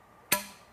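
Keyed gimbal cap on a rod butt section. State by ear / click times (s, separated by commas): seated / 0.3 s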